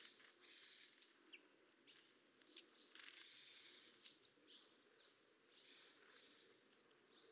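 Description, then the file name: Great tit giving bright, high chirping notes in short clusters of three to five, with four bursts separated by pauses of about one to two seconds. "Parus major"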